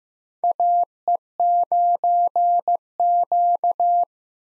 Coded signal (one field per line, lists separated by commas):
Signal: Morse code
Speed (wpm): 15 wpm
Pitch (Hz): 700 Hz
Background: none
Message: AE9Q